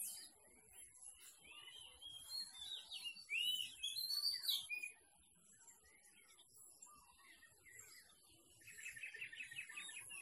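Bird: loud whistled and chirping song fills the first half, then it goes quiet, and a buzzy, rattling trill starts near the end.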